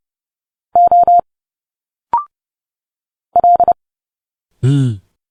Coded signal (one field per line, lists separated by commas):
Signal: Morse code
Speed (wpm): 30 wpm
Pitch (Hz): 700 Hz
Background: none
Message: O L